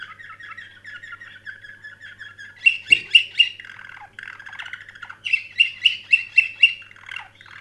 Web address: sounds canary canary-sound